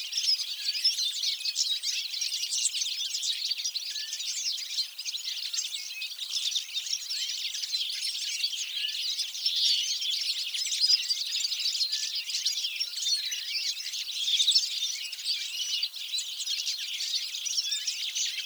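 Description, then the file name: European goldfinch flock calling nonstop, a thick wash of high twittering and chirps. "Carduelis carduelis"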